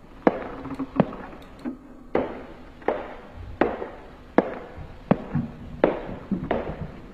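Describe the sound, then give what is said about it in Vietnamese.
Footsteps on the wooden floor of a second storey, about ten sharp, hollow knocks in a steady walking rhythm, each step clear and fairly loud with a brief woody ring, and no voices. “Đúng vậy, nó nghe rõ là tiếng bước chân người đang đi ở trên sàn gỗ của tầng 2.”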